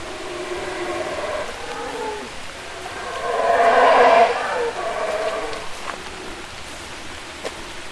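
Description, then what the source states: Howler monkey howling: harmonic, guttural roars swell into a louder burst midway, then softer calls follow, over steady background hiss. Field recording.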